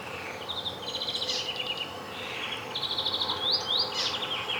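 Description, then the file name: European greenfinch singing quick trilled phrases, with a few sharp rising notes near the end, over soft background noise. "Chloris chloris"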